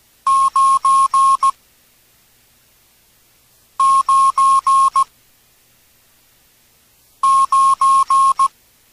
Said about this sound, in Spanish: Esperemos hayas aprendido los números en código Morse.